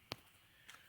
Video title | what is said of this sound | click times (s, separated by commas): WILL THESE AMAZON UPGRADES MODERNIZE THIS OLD TRUCK? After market truck BT touch screen and more! | There. I finally got that snapped up into place. | 0.1 s